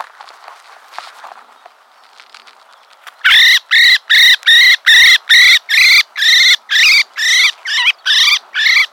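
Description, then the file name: Common blackbird giving harsh, buzzy calls with a banded tone, about a dozen repeated roughly twice per second after three seconds of faint background sound. "Turdus merula"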